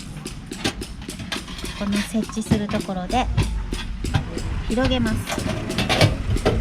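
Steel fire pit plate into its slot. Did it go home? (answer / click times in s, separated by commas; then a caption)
no / none. Someone talks while assembling a Japanese-made steel fire pit, inserting its A/B plates into their slots and spreading them apart at the mounting point, with a few light metallic knocks and rattles of handling. Nothing has seated or clicked yet by the end of the clip.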